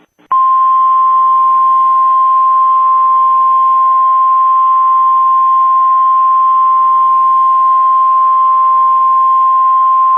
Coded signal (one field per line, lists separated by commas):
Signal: Emergency Alert System (SAME) tones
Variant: 1050 Hz attention tone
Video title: RIVER FLOOD WARNING (EAS ALERT 124)